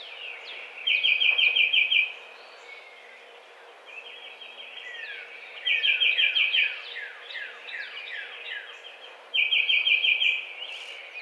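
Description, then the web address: Tufted titmouse singing short rapid strings of clear whistles, repeated three times, while many other birds chirp and twitter throughout. Recorded 7 April 2009. "Tufted Titmouse 2009 04 07"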